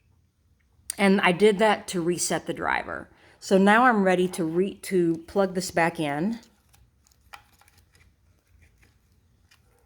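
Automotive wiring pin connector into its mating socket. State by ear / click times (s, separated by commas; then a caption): not seated / none. A disconnected plastic automotive wiring pin connector, unplugged to reset the driver, is picked up and lined up with its mating socket. Someone talks first, then small handling taps follow around 7.0 to 8.0 seconds. Nothing has clicked or seated yet.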